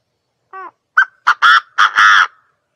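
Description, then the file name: Partridge gives a brief harmonic note, then a rapid run of harsh, loud, raspy calls ending in one drawn-out grating note, with silence around. Male partridge from Thailand. "tieng ga go trong thai lan"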